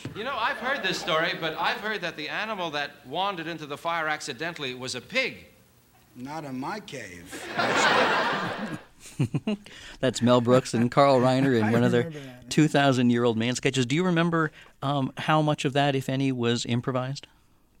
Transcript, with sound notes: You know, I've heard this story, but I've heard that the animal that wandered into the fire accidentally was a pig.
Not in my cave.
(LAUGHTER)
That's Mel Brooks and Carl Reiner in one of their...
I remember that.
..."2000 Year Old Man" sketch. Do you remember how much of that if any was improvised?